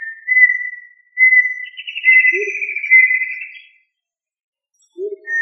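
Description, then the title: Tinamou whistling: a steady pure note, then a buzzier trembling whistle that slowly falls, with a single low hoot in the middle and another near the end. "Familia Tinamidae - Quail - Puyuh"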